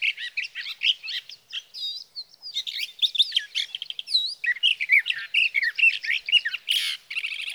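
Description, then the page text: Sage thrasher song, a fast tumbling medley of warbles, looping whistles and chattery notes, with a brief harsh rasp near the end. Male singing through the night near his night roost, evenings of June 12 to mornings of June 15, 2018, Sierra Valley, California; captured on a Swift recorder. "Birdsong for the Curious Naturalist: Explore #7. 61. Sage thrasher songs, through the night. from the evening of June 12 to the morning of June 15, 2018, in Sierra Valley, California"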